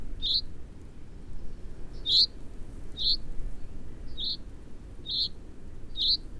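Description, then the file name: Common chaffinch giving a series of six sharp, high call notes at uneven intervals, mostly about one second apart after a longer first gap, with a soft low rumble underneath. "Fringilla coelebs"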